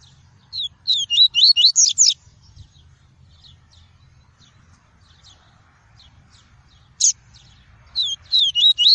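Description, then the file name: Double-collared seedeater singing quick phrases of bright, swooping whistles. A long pause with faint ticks separates two phrases, and a single sharp note comes just before the second. Song of the "tui-tui" variety. "canto do papa capim tui tui"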